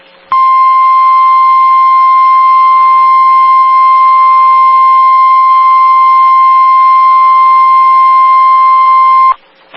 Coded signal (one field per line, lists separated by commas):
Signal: Emergency Alert System (SAME) tones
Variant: 1050 Hz attention tone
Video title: Severe Thunderstorm Warning #9 - 08/06/21 (EAS #2,349)